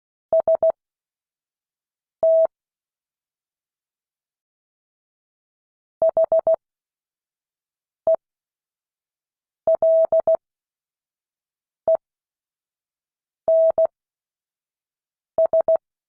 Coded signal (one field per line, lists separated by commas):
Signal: Morse code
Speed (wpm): 16 wpm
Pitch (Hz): 650 Hz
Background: none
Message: ST HELENS